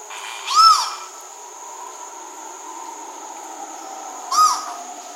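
Bird call: two brief, arching, tonal notes with ringing harmonics, nearly four seconds apart, against a constant high-pitched drone.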